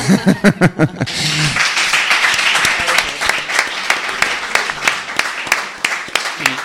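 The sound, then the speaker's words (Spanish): An audience breaks into steady, loud applause: dense, crackling clapping that sustains for several seconds, preceded by a brief burst of voices and laughter at the start. “¿Queréis añadir algo, preguntar alguna cosa, echar un aplauso?”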